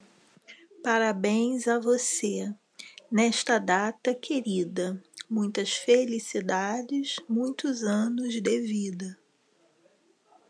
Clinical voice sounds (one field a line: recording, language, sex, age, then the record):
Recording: short text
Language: Brazilian Portuguese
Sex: female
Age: 50 to 59 years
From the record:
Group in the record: control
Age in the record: 50 years